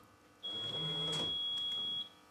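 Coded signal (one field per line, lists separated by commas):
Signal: beep code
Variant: Rolls-Royce alarm system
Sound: one long high steady beep lasting about 1.6 seconds, with a lock clunk partway through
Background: door lock actuator clunk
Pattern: 1 long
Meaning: One long beep means the alarm isn't active, though central locking still works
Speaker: Hear that one long beep? That tells us that the alarm isn't active. The central locking still works, but the alarm isn't active.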